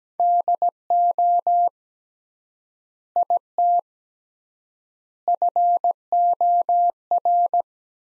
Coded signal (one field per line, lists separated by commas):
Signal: Morse code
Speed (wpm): 17 wpm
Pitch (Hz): 700 Hz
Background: none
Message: DO IT FOR